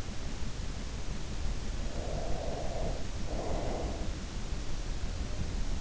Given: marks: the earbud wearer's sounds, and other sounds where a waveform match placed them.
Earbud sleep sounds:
sounds in sleep by an in-ear microphone; breath
1.75-3.87 s: breath

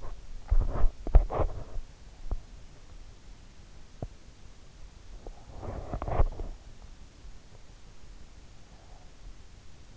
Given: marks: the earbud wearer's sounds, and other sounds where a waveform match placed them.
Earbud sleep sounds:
sounds in sleep by an in-ear microphone; teeth grinding
0.00-2.45 s: teeth grinding
5.29-6.84 s: teeth grinding

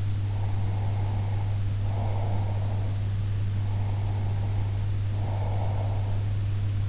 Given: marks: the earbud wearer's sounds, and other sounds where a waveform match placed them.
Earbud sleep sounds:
sounds in sleep by an in-ear microphone; breath
0.29-3.03 s: breath
3.66-6.26 s: breath

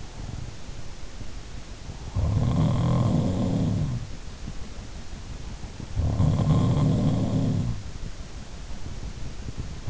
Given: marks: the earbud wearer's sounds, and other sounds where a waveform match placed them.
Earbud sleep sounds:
sounds in sleep by an in-ear microphone; breath
0.00-0.85 s: breath
1.96-4.30 s: sound from someone else or the room
5.74-8.00 s: sound from someone else or the room

